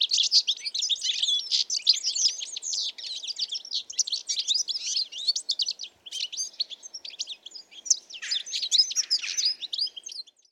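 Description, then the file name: European goldfinch song: a long stream of fast, tinkling twitters and scratchy chirps running almost without pause, with a few lower sliding notes near the end. "Carduelis carduelis"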